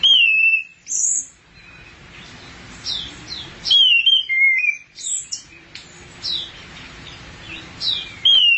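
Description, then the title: Thrush song of clear whistled phrases and high chirps, spaced with short pauses. "burung anis x"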